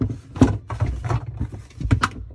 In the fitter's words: There, it kind of makes a click, okay?